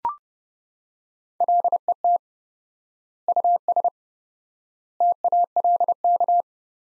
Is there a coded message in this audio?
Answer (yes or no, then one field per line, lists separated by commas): yes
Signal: Morse code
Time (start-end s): 1.4-6.4 s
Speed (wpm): 32 wpm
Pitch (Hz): 700 Hz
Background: none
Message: LET US TALK